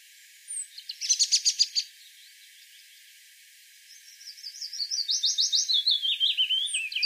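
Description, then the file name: European robin song: a short burst of buzzy, rapidly repeated high notes, a pause, then a long fluid phrase of wavering whistles and quick trills. "Erithacus rubecula"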